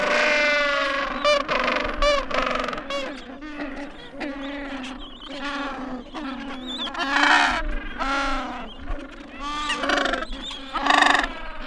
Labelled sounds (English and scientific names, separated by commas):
Gentoo Penguin (Pygoscelis papua) call